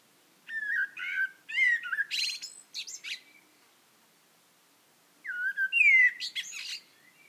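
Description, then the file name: Eurasian blackbird song with two phrases, each of mellow, varied fluting whistles followed by thin, high squeaky flourishes, separated by a quiet gap. "Turdus merula"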